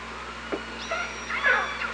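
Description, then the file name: Orca calls: several short tonal squeals and whistle-like pulsed calls, some with a long high steady tone, over steady underwater hiss and low hum. OrcaLab, 24 August 2017, 15:33. "Orca Lab 20170824 153315"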